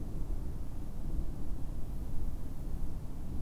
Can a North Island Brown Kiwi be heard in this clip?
no